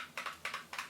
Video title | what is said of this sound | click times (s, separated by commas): GINGERBREAD EXTRA SPICY l TOO FACED l REVIEW | Can you hear that? It clicks. It has magnet closing, | 0.2 s, 0.5 s, 0.7 s